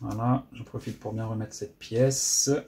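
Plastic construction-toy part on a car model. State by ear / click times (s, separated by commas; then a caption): not seated / none. Someone talks while handling a plastic Lego Technic-compatible building part on a 911 RSR car model copy, about to press it fully back into place because it was not properly fitted. Only speech is heard, and nothing has seated or clicked yet.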